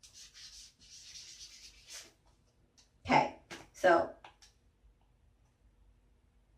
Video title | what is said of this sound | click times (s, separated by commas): It doesn't have to be expensive to be vegan/ Dollar Tree Hail Part: 2 | oh, the lid doesn't make a snap sound. | none